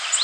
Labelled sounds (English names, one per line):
Golden-cheeked Warbler flight call